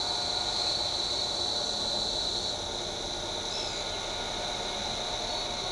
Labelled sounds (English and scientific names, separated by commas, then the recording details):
Pale-eyed Pygmy Tyrant (Atalotriccus pilaris)
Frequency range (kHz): Pale-eyed Pygmy Tyrant (Atalotriccus pilaris) 2.2-8.1 kHz
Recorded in shrubland near Pivijay, Magdalena, Colombia, on 15 April 2023 at 08:30
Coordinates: 10.453, -74.365
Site P5-G022